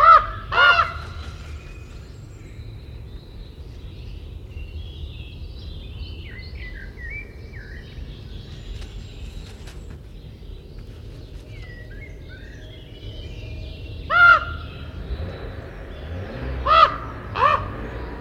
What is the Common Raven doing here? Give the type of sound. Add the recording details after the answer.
call. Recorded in captivity. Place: Serrahn, Mecklenburg-Vorpommern, DE. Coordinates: 53.344, 13.204. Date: 1978-08-04 06:45. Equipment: Nagra III BH, Sennheiser MD 21, parabola. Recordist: Schubert, Michael